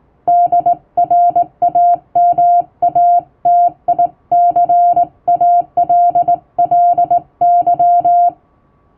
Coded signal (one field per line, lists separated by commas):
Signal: Morse code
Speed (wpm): 19 wpm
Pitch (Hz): 700 Hz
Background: music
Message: DRAMATICALLY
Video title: 4月27日はモールス符号の発明者サミュエル・モールスの誕生日！やっぱりＣＷは縦振り電鍵で叩きたい！今年のＧＷはモールス信号をマスターしよう！(Happy Morse Code Day 2023！)